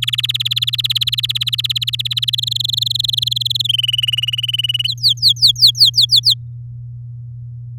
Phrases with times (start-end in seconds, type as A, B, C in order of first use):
0.02-2.30 A, 2.33-3.62 B, 3.64-4.87 C, 4.88-6.34 D